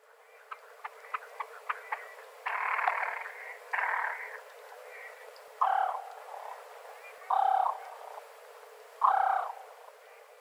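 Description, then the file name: Great crested grebe calling: two harsh rasping bursts, then three short nasal honking notes spaced a little under two seconds apart, after a few sharp clicks at the start. Recorded in Aomori on 12 April 2013. "kanmurikaitsburi aomori"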